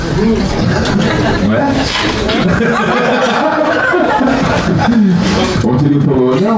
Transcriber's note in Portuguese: risos